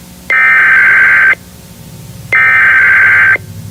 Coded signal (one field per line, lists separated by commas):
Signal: Emergency Alert System (SAME) tones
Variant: header bursts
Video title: Eas Scenario/ Analog Horror Nightmare Street